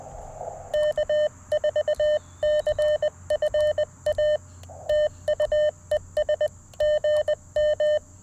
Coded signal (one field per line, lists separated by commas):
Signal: Morse code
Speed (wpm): 20 wpm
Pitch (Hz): 590 Hz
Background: none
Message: K4CFA TUES GM